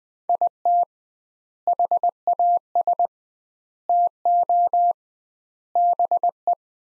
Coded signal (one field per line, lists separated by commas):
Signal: Morse code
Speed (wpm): 20 wpm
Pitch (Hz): 700 Hz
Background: none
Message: IT HAS TO BE